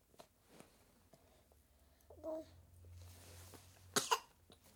7 month old baby girl feeling unwell with coughing.